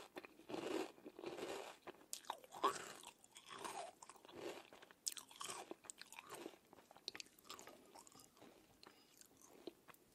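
Someone eats crunchy cereal, with dense, crisp crunches of bites and chewing packed into bursts through the whole ten seconds. The loudest chomps land in the first half, and the chewing grows slightly softer and sparser toward the end.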